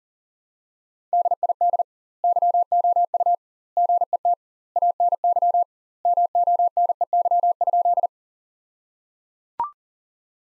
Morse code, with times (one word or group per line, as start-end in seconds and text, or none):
1.1-1.8 DID
2.2-3.4 YOU
3.8-4.3 GET
4.8-5.6 ANY
6.0-8.1 MONEY?